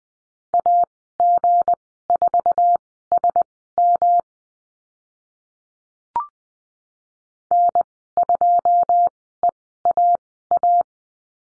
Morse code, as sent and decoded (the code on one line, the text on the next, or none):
.- --. ....- ... -- / -. ..--- . .- .-
AG4SM N2EAA